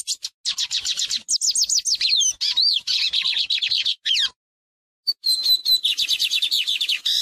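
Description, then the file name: Lined seedeater song, a dense, rapid series of high twittering and buzzy phrases with down-slurred notes, broken by one brief pause before resuming. "bigodinho"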